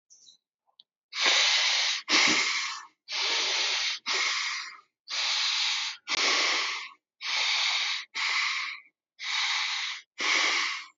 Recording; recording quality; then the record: shallow breathing; excellent, no background noise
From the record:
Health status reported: exposed to COVID-19, no respiratory illness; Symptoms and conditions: none ticked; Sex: male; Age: 26 years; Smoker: not ticked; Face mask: not worn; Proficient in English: yes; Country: India